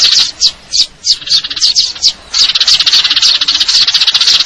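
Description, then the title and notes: Eurasian tree sparrow giving a series of separate high chirps, then breaking into a fast continuous trill. Fighting-style call with long trills, clear sound; a masteran training recording for contest birds; local name burung gereja. "GEREJA TARUNG NEMBAK PANJANG SUARA JERNIH MASTERAN WAJIB BURUNG LOMBA. Burung Gereja"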